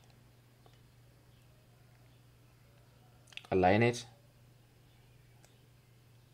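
A second strap end is lined up against the body of a Xiaomi Smart Band 8 Pro fitness band but not pushed in yet, so nothing has seated or clicked. Faint handling ticks come at about 0.1, 0.7 and 3.3 seconds, then someone talks briefly around 3.5 to 4.0 seconds over a low steady hum.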